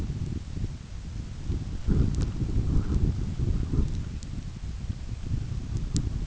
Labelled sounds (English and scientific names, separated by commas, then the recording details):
none
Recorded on Arctic tundra, site UTQI-5, on 29 June 2018
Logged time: 16:00